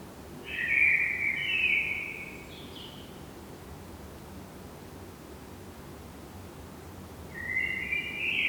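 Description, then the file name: Common blackbird song: a fluty warbled phrase with a brief high squeak after it, then a long quiet gap before another phrase begins. "Turdus merula"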